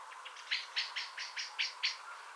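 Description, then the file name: Common blackbird calls: a series of short, sharp clicking notes repeated about four times a second, some stronger than others, over a steady faint hiss. "Turdus merula"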